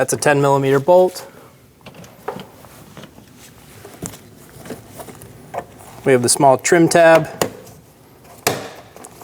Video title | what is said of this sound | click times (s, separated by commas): How to Remove Rear Door Panels 2011-2027 Dodge Durango | Push that, hear it click into place. | 8.5 s